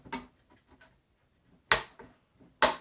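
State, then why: Seated. After some trouble fitting it, the back cover panel of an Altec Lansing Boom Jacket protective jacket is pressed onto a portable speaker. A few soft taps come first, then two sharp, loud snaps at 1.7 s and 2.6 s as the panel snaps into place and is seated.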